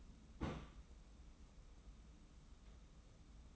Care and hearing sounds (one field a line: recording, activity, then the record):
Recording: daily activity, microphone in the room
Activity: place on stove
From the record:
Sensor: 1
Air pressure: 994.4 hPa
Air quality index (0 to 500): 230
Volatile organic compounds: 1000 ppm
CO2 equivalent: 8288 ppm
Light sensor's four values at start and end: 140/322/143/158 and 140/322/143/157